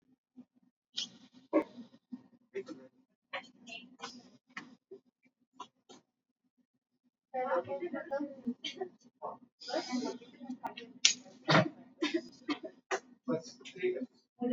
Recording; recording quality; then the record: deep breathing; poor, much background noise or distortion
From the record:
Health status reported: exposed to COVID-19, no respiratory illness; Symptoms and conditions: sore throat, muscle pain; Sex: female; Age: 25 years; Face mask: worn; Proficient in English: yes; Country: India